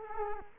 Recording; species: mosquito wingbeat signal from an infrared sensor; Culex quinquefasciatus